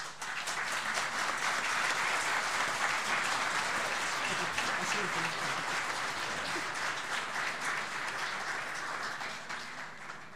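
Sustained crowd applause fills the whole stretch, a dense, steady wash of many hands clapping at once, holding loud and even before easing slightly near the end.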